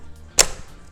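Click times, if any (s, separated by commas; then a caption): 0.4 s. A plastic tray table is pushed onto the frame of an OZtrail Handy Junior folding camping high chair until it clips on and seats. One sharp, loud click is heard at 0.4 s over quiet music. The tray locks into place.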